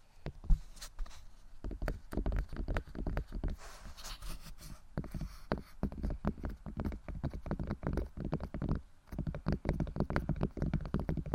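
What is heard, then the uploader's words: ASMR tapping: quick, irregular taps and knocks follow one another densely for the whole stretch, each with a dull low thump and a crisp click on top. A sharper hit lands near half a second, and a brief lull comes just before nine seconds. ASMR Tapping Only For Relaxation（No Talking）.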